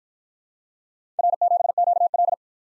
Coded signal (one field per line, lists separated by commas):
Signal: Morse code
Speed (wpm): 52 wpm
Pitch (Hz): 700 Hz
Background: none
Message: R7QL